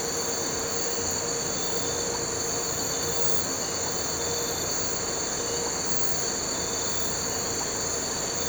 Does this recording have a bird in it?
no